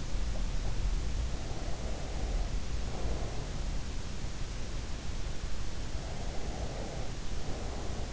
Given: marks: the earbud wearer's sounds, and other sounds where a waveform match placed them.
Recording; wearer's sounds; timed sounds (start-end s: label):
sounds in sleep by an in-ear microphone; breath
1.38-3.60 s: breath
6.18-8.13 s: breath